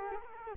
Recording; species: mosquito wingbeat signal from an infrared sensor; Culex quinquefasciatus